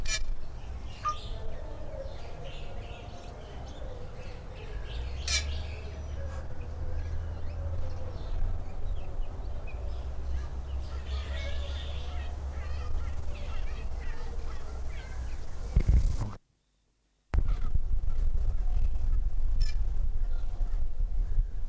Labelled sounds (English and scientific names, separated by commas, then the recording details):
White-necked Myna (Streptocitta albicollis) call
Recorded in captivity
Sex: pair
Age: adult
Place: Zoo Berlin, Berlin, DE
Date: 1997-09-16 16:44
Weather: partly sunny, ca. 23°C
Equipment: Sony MD-WM MZ-R3, Sennheiser ME 80, Kopie Uher 4000 Report Monitor
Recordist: Tembrock, Günter
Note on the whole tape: Paar: diverse Kurzlaute, Entfernung 3-5 m (der klanghafte Laut nur von einem Tier)